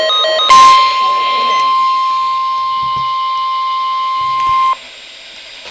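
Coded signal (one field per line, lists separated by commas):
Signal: Emergency Alert System (SAME) tones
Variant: 1050 Hz attention tone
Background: speech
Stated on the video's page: Real NOAA Weather Radio severe thunderstorm warning.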